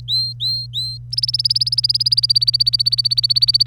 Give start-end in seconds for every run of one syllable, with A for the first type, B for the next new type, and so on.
0.08-0.97 A, 1.12-3.66 B